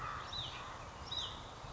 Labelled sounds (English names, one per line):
Hutton's Vireo